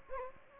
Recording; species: mosquito wingbeat signal from an infrared sensor; Anopheles gambiae